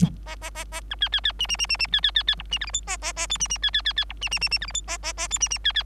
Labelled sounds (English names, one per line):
Bengalese Finch song